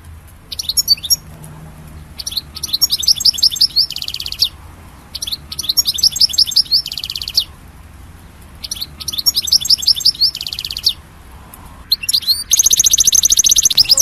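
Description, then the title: European goldfinch song: bright, tinkling phrases of rapid twitters and buzzy trills in repeated bursts, the last ending in a sustained buzzy trill. "Chant Chardonneret"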